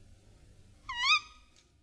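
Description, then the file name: Tawny owl giving a single short, rising, harmonically rich call that lasts under half a second, with quiet low background rumble. "PUSZCZYK"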